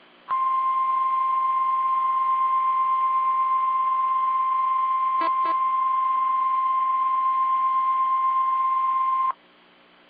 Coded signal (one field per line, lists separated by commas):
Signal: Emergency Alert System (SAME) tones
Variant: 1050 Hz attention tone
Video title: (EAS #33-37) 2 Tropical Storm Warnings followed by Harris Nuclear Plant EAS Test (10-28-2020)